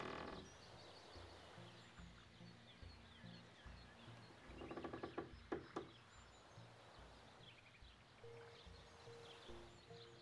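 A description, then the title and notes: Outdoor ambience beside a Canadian lake, with a steady low rumble underneath and faint chirps scattered high above. Around the middle, a quick run of sharp clicks and rattles sounds, and near the end a soft, steady tone comes and goes. Beside a canadian lake.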